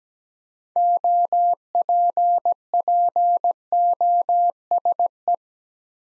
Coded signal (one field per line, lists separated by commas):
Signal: Morse code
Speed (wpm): 17 wpm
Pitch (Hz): 700 Hz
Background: none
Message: OPPOSE